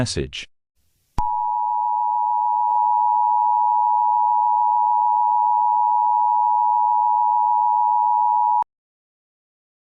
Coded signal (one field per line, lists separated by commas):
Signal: Emergency Alert System (SAME) tones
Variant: 853 and 960 Hz attention tone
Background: speech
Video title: April Showers Bring May Flowers: An EAS Scenario (SPRING FLING SPECIAL)